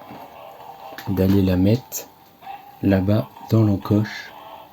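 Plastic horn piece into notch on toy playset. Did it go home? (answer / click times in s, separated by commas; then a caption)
no / none. Someone talks while a plastic horn decoration piece is handled near a notch on a toy playset diorama, ready to be pushed in. Only the voice and faint handling are heard, with no sharp knocks. Nothing has seated or clicked yet.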